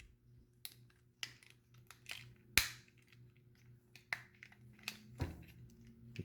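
The plastic tabs on the arm panels of a Transformers Siege deluxe Ironhide toy robot are lined up and pressed tightly together during its transformation into vehicle mode. Several small plastic clicks and handling rustles are heard, with the loudest sharp click at 2.6 s as the tabs seat together. No one talks in the clip.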